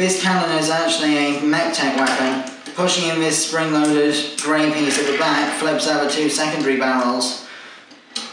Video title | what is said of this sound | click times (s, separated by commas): Transformers: Dark Of The Moon Shockwave Toy Review | all the other mech tech weapons in Dark of the Moon, this one can actually lock into place because of the tab and slot mechanism right at the end of the grey piece. | 8.2 s